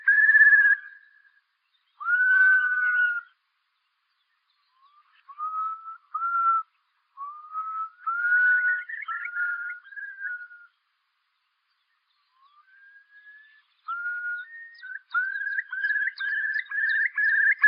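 Bird giving clear whistled notes, slurred and wavering, in short phrases with pauses, ending in a run of rising and falling whistles; quiet background.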